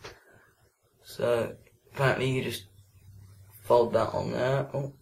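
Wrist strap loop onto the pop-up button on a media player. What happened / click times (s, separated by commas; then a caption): Handled, not yet home: the strap loop has not clicked onto the button / none. A wrist strap loop is folded onto the spring-loaded pop-up button on the back of a black/slate iPod Touch 5th Gen media player while someone talks. The loop is handled but nothing has seated or clicked yet.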